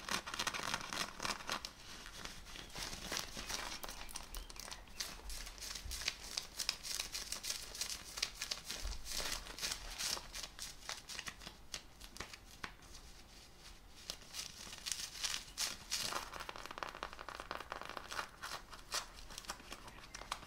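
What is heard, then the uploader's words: Fabric scratching: rough denim rubbed in quick, uneven strokes that crackle and crinkle with a bright, hissy texture. The scraping runs continuously for the full twenty seconds, with dense clusters of sharp rustles and brief dips. FABRIC SCRATCHING(Jeans shirt skin scratching, belt sounds).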